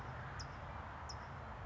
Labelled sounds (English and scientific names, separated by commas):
California Towhee (Melozone crissalis)